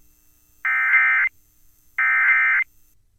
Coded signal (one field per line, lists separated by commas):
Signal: Emergency Alert System (SAME) tones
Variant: end-of-message bursts